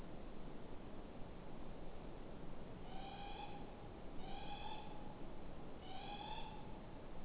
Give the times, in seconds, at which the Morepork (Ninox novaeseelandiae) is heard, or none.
2.77-3.69, 4.16-5.19, 5.78-7.04